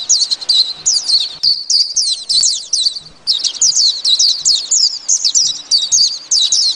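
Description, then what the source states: White-eye singing rapid, high, twittering warbled phrases, almost continuous with a few short breaks. Singing white-eye; song described as very fine.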